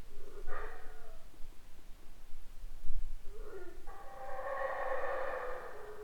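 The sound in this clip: Howler monkey howls: a brief rising moan early on, then a long, loud, rough roar that holds steady for about two seconds, with background hiss.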